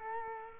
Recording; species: mosquito wingbeat signal from an infrared sensor; Culex quinquefasciatus